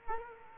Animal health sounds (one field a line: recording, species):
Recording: mosquito wingbeat signal from an infrared sensor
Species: Culex quinquefasciatus